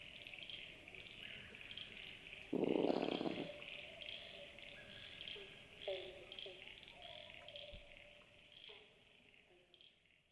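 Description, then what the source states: A brush-tailed possum's gruff, noisy grunt lasting about a second, among faint short sounds and a constant high hum. Several possums grunting in the woods.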